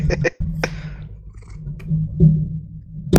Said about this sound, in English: Whoa, whoa, whoa! What? Okay. I'm hearing the spring, yeah, vibrating. You know, what is happening?